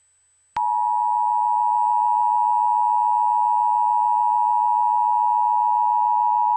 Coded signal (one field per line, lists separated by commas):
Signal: Emergency Alert System (SAME) tones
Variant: 853 and 960 Hz attention tone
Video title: EAS Scenario: Angels [The Complete Series] #eas #easscenario